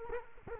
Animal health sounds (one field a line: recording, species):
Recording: mosquito wingbeat signal from an infrared sensor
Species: Culex quinquefasciatus